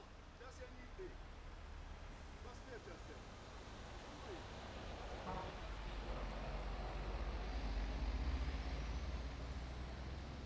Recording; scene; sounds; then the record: everyday scene through a hearing-aid microphone; in traffic; traffic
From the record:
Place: main road on the outskirts, rush hour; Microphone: behind the ear, right, rear